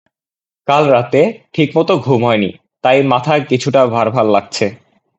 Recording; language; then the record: elicited speech; Bengali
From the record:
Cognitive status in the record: cognitively healthy